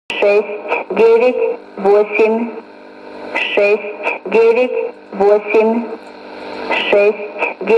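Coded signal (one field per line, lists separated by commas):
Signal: numbers station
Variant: S06s, Russian female voice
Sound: female voice reading short, evenly spaced words, likely Russian numbers, over shortwave radio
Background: radio static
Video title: 19 12 2019 S06s Russian Lady numbers station in Russian to Eu 0944 on 9540 unknown tx site USB+AM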